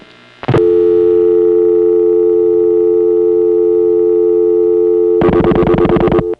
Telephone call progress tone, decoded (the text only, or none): dial tone